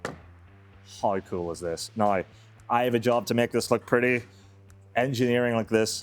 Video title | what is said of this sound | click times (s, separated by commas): I Built the Predator Sword… And It Actually Transforms! | Just with one little button press, the thing locks into place and closes easily too. | 0.1 s